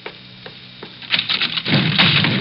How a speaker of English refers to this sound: Ouch! Dennis! What happened? He opened the sound effects door and I walked into the wall.